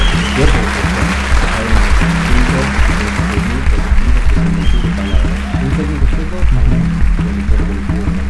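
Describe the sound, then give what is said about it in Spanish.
An audience applauds loudly and steadily for about eight seconds, a dense wash of clapping with murmuring and cheering voices mixed underneath. “Mirá, la gente está aplaudiendo ese dato.”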